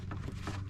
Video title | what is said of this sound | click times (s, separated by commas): Father's day Upgrades with Rimthin | hear it snap into place? Yep, and you'll feel it too. | 0.1 s